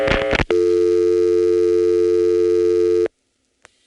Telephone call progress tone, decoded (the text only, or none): dial tone